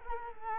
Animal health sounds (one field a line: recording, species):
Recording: mosquito wingbeat signal from an infrared sensor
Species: Culex quinquefasciatus